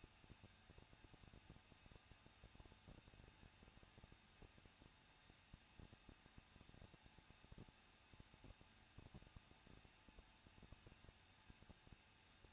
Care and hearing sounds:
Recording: daily activity, microphone in the room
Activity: no activity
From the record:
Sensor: 2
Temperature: 21.0 degrees Celsius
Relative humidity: 37.4%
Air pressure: 1006.2 hPa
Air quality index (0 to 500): 222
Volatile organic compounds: 24 ppm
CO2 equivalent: 2810 ppm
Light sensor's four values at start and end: 2/3/2/2 and 2/3/2/2

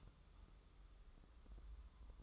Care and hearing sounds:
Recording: daily activity, microphone in the room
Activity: take from stove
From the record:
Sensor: 3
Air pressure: 995.4 hPa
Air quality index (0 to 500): 86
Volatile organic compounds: 8 ppm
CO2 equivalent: 2083 ppm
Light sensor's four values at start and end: 26/80/33/29 and 26/80/33/29

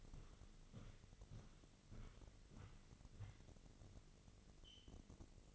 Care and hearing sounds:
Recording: daily activity, microphone in the room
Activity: walk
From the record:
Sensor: 4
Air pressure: 1002.5 hPa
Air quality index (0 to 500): 222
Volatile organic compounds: 13 ppm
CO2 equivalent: 2402 ppm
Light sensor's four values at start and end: 21/72/27/27 and 21/72/27/27

